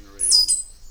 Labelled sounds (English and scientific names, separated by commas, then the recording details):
Stitchbird (Notiomystis cincta) song
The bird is a male
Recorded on Tiritiri Matangi Island, New Zealand, in 2005
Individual 5, of nest box 6